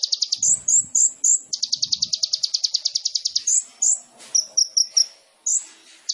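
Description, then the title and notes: Sunbird song: a few sharp high notes, a long run of rapid even trilling, then scattered chips and short notes. Indonesian masteran training recording for songbirds; bird in full song (gacor), with full fills (isian) and showy bursts (tembakan), described as suitable as a lure (pancingan). "MASTERAN KOLIBRI NINJA TERBAIK FULL ISIAN DAN TEMBAKAN MEWAH COCOK BUAT PANCINGAN. Suara Burung Kolibri Ninja Gacor"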